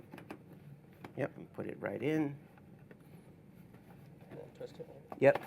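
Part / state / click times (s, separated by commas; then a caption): light modifier into studio strobe bayonet mount / not seated / none. A light modifier is put into a studio strobe's bayonet mount and twisted toward locking, with light handling taps and scrapes while someone talks. Nothing has seated or clicked yet.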